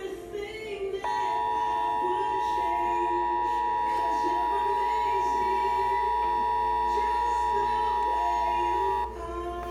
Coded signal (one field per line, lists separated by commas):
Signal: Emergency Alert System (SAME) tones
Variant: 853 and 960 Hz attention tone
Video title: EAS #84 Flash Flood Warning